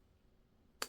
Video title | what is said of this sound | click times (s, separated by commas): 10 Favorite Fresh Fragrances of 2023 #middleeasternperfumes #designerfragrances | so again this part was stuck in the bottle that I didn't know but you put it on get that satisfying click vintage radio again um | 0.8 s